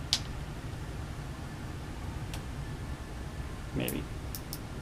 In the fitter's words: three clicks so that's on there tight that's not going to come off